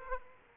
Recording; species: mosquito wingbeat signal from an infrared sensor; Aedes aegypti